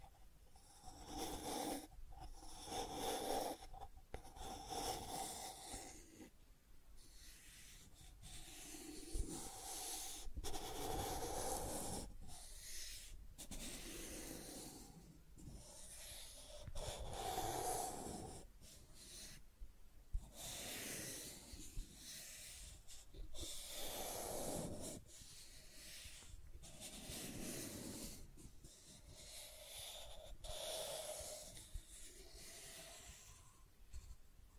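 Scratching and tracing sounds in rough, breathy strokes, each lasting a second or two, repeating unevenly with short quiet gaps between them.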